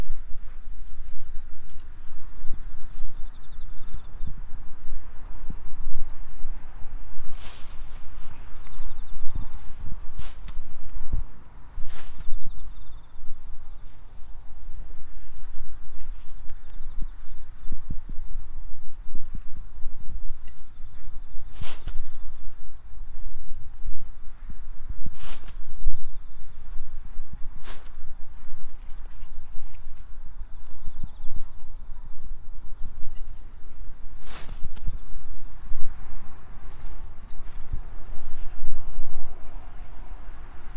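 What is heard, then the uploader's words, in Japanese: Garlic is planted outdoors on an autumn evening, with sharp clicks and scrapes of soil work and footsteps scattered through, including strong hits around 8, 11, 22, 25 and 35 seconds. Insects chirp steadily in the background, and a low rumble of distant traffic runs underneath throughout. 秋の、日が暮れ始めた16時過ぎ、ニンニクの定植。台風が南遠くから近づいてきている。曇り空の空気の少し重たい夕暮れ。穴あきマルチに棒で穴を開け、1片ずつニンニクを入れたあと、土をかけていく。今日はどの音も湿気のせいか少しこもって聞こえる。秋の夕方 ニンニクの定植。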